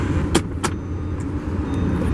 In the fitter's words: this back down clicks into place and you release it right right here